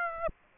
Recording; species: mosquito wingbeat signal from an infrared sensor; Aedes aegypti